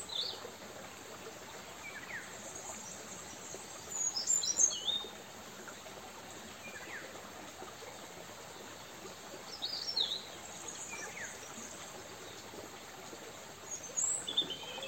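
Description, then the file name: European robin uttering several short, high-pitched thin phrases at intervals of a few seconds, set against a steady rushing background noise. "Erithacus rubecula"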